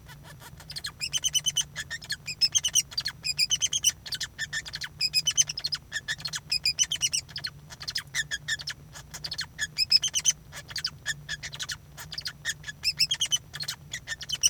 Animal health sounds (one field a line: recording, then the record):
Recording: song of a male Bengalese finch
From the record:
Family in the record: son of father 2